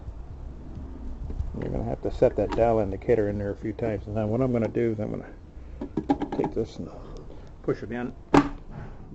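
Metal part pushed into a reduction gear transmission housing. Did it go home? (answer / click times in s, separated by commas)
yes / 8.4 s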